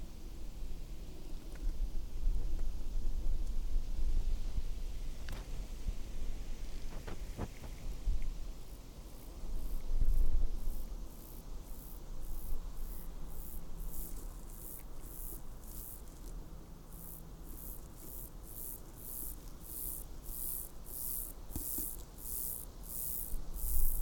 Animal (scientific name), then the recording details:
Chorthippus biguttulus. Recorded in the wild. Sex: male. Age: imago. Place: Summt, Brandenburg, DE. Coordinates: 52.682, 13.377. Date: 1996-09-01 13:11. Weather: heiter, 17-18°C. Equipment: Sony MD-WM MZ-R3, Sennheiser MKH 416 T, Kopie Uher 4000 Report Monitor. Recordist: Tembrock, Günter